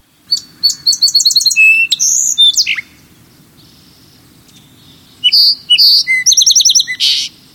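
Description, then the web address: Song sparrow song: two bright songs of clear notes and rapid trills, separated by a quiet pause. Clear, melodious spring song; skulking bird staying low in blackberry brambles or brush piles; found throughout the United States into southern Canada. "Birdnote 2005 April -SOSP-KPLU"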